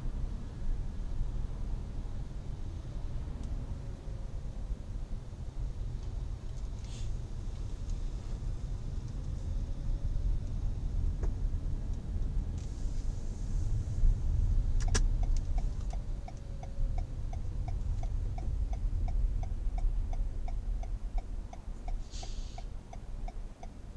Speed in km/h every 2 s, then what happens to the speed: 17, 15, 14, 14, 15, 17, 17, 16, 12, 9, 0, 0.
0-14 steady at about 15. 14-20 slows to 0. 20-24 standing.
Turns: 6-10.